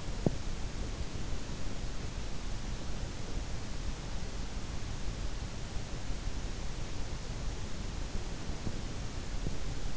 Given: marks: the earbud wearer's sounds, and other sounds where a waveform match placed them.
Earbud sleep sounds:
sounds in sleep by an in-ear microphone; teeth grinding
0.00-0.58 s: teeth grinding

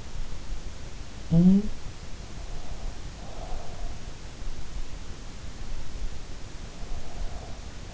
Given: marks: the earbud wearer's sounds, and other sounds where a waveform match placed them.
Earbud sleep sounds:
sounds in sleep by an in-ear microphone; breath
1.30-1.95 s: sound from someone else or the room
3.18-4.11 s: breath
6.98-7.94 s: sound from someone else or the room

